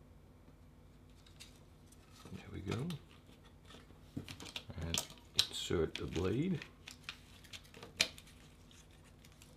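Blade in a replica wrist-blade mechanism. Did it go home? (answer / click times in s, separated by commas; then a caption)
yes / 8.0 s. Someone talks while working the blade of a replica Assassin's Creed hidden blade forward, with small scraping and clicking sounds of the wrist-blade mechanism. A sharp click at 8.0 s marks the blade locking into place, showing it still locks.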